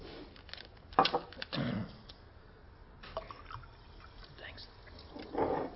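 Water poured into a glass in a few short, splashy gurgles, with quiet gaps between the bursts and a final trickle near the end.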